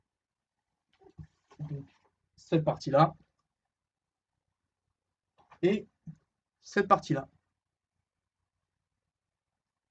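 A part of a model ship kit of the Imperial Yacht Standart (pack 2) is handled beside its mating piece in the hull assembly while someone talks in short bursts, with a faint sudden sound near 5.5 s. Nothing has seated or clicked yet; the part is not home by the end of the clip.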